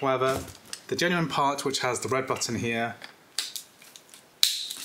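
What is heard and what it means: Someone talks, then the genuine red-button hose fitting for a Dyson DC24 vacuum cleaner is pushed onto the plastic hose connection, making a few small knocks around 3.4 and 3.6 seconds. A sharp, loud click at 4.4 seconds shows it seating correctly, unlike a cheap replacement fitting that does not click.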